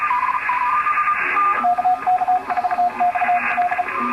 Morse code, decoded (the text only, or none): KK4XD